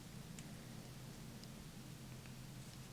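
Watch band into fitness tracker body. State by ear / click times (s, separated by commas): not seated / none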